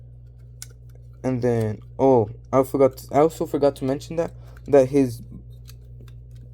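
A second plastic part on the other side of a Transformers Beast Wars K-9 toy figure is pushed into its slot in the body. It snaps into place with a sharp click at 0.6 s, the same way as the previous part. Someone then talks, with a few faint handling clicks near the end.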